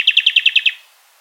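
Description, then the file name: Common nightingale song phrase: a quick run of loud, evenly spaced repeated notes, then silence. "Luscinia megarhynchos"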